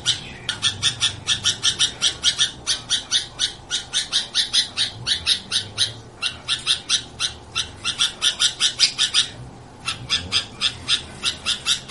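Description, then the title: Sooty-headed bulbul calls as a long run of scratchy, rapidly repeated chirps, broken by two short gaps. "Suara Burung Kutilang"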